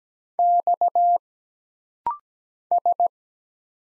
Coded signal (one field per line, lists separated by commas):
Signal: Morse code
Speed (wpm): 17 wpm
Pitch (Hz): 700 Hz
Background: none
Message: X S